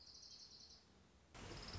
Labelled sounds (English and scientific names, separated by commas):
Orange-crowned Warbler (Leiothlypis celata)